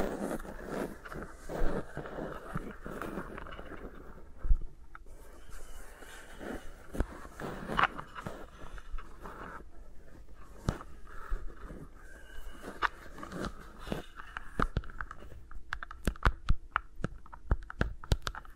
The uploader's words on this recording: ASMR with Mics Around My Fingers (No Talking).